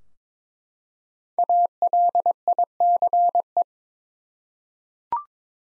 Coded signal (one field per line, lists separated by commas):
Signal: Morse code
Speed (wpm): 22 wpm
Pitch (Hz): 700 Hz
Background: none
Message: ALICE